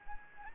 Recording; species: mosquito wingbeat signal from an infrared sensor; Anopheles gambiae